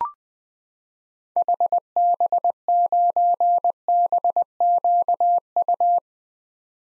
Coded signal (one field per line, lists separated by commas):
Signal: Morse code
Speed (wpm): 20 wpm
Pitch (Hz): 700 Hz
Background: none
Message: HB9BQU